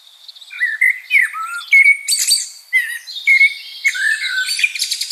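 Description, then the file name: Common blackbird song: a steady run of short whistled, warbled phrases broken up by high squeaky and scratchy notes. "Turdus merula"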